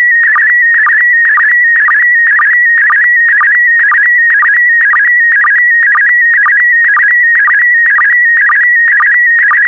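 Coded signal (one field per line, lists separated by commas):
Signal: SSTV (slow-scan television)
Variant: PD120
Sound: warbling, chirping tone with a steady rhythmic tick about twice a second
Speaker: complete. You can now check your decoded image against the picture that is shown on the video.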